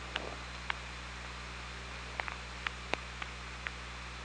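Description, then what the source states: Orca making sharp, scattered clicks, about eight over four seconds at uneven intervals, over constant underwater hiss and low hum. Recorded on the OrcaLab hydrophone on 24 August 2017 at 21:08.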